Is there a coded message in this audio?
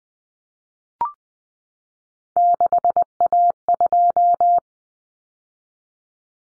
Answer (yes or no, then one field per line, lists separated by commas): yes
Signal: Morse code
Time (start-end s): 2.4-4.6 s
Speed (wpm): 20 wpm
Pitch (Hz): 700 Hz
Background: none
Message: 6A2